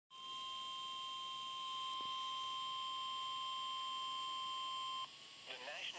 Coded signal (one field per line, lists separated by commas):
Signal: Emergency Alert System (SAME) tones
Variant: 1050 Hz attention tone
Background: speech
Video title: EAS #4: TOA For Southeastern Minnesota